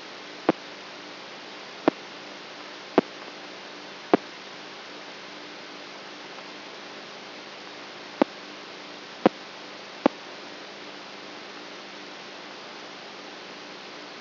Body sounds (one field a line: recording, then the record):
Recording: brain microelectrode recording played as sound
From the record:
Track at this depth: outside the subthalamic nucleus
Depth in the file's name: 7.04 mm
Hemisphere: right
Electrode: 3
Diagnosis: Parkinson's disease